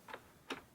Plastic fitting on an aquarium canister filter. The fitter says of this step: and you can feel it kind of lock into place.